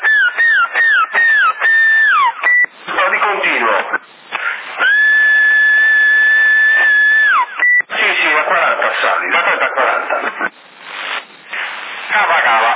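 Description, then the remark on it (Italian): Whistling over a crackly, narrowband CB radio channel as a signal test in Sassari, Italy, in February 2010: a few quick warbling whistles, then one long steady whistle that slides downward at the end, with bursts of radio talk between. “Però no, fischia un attimo, vai. Ma io? Fischia.”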